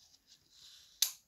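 A T2 lens adapter, a ZWO EOS-T2, is put back onto a camera lens bayonet mount and rotated with soft scraping and rubbing sounds until the spring lock engages. One sharp, loud click at 1.0 s marks the adapter seating into the bayonet lock.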